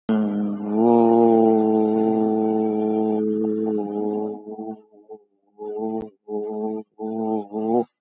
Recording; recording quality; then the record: sustained vowel as in boot; excellent, no background noise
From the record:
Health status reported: exposed to COVID-19, no respiratory illness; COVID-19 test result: negative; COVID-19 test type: RT-PCR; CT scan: taken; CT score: 7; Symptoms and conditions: cough, sore throat, fatigue, loss of smell and taste, diabetes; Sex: male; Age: 81 years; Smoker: no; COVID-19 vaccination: none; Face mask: worn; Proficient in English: yes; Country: India